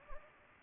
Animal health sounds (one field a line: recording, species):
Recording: mosquito wingbeat signal from an infrared sensor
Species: Anopheles gambiae